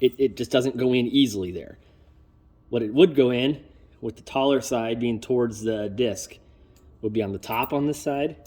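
A metal anti-rattle clip (brake pad abutment clip) is being handled at the top of the caliper bracket during a front brake pad change on a 2012 Dodge Journey, oriented with its taller side toward the disc. Someone talks throughout in bursts with short pauses, and no distinct impacts are heard. Nothing has seated or clicked yet.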